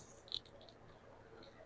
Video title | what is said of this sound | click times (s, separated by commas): McFarlane Toys Supergirl Woman Of Tomorrow Action Figure Unboxing/Review | have to get it on there and make sure it clicks. There we go. So, it stays on there securely. | 0.3 s